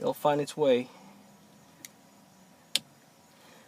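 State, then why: Seated. Someone talks briefly, then a factory DCM plastic connector for a 2011-2018 Toyota Sienna is slid straight, without forcing, into the plug-and-play remote start kit's wiring harness connector. A faint tick comes at 1.8 s, and a sharp, loud click at 2.8 s shows the connector has seated.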